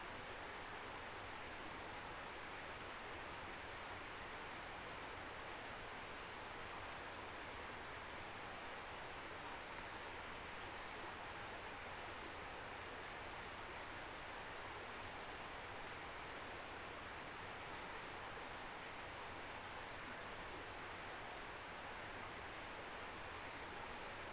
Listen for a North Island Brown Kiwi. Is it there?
no